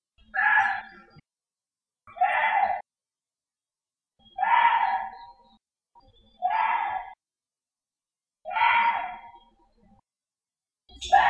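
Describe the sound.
Korean deer giving harsh, scream-like cries about every two seconds, six in a row, each short and strained, with quiet gaps between.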